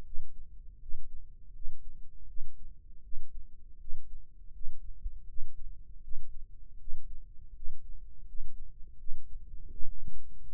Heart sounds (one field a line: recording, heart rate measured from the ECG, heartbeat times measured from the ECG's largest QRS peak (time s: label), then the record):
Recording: heart sounds by microphone in the left ear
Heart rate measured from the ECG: 81 bpm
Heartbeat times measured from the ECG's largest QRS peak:
0.04 s: heartbeat
0.80 s: heartbeat
1.53 s: heartbeat
2.27 s: heartbeat
3.02 s: heartbeat
3.79 s: heartbeat
4.52 s: heartbeat
5.27 s: heartbeat
6.02 s: heartbeat
6.78 s: heartbeat
7.54 s: heartbeat
8.26 s: heartbeat
8.98 s: heartbeat
9.71 s: heartbeat
10.46 s: heartbeat
From the record:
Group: healthy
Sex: female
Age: 37 years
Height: 168 cm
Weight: 70 kg